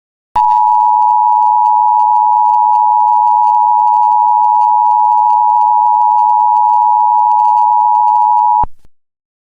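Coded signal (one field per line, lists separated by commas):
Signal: Emergency Alert System (SAME) tones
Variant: 853 and 960 Hz attention tone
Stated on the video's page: Mock nuclear attack EAS alert, not real, made for entertainment.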